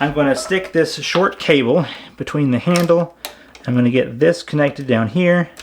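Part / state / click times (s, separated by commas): communication cable plug into battery module communication port / not seated / none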